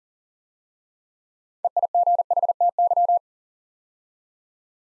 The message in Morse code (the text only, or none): EIGHTY